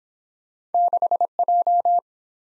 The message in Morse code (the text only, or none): 6J